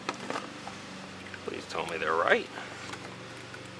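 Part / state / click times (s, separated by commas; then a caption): LED bulb plug into car light harness connector / seated / 0.1 s. An LED bulb plug is pushed home into a car light harness connector on a Subaru during an LED conversion, and it seats with a click at 0.1 s after needing a heavy push. Someone talks afterward, and the lights come on.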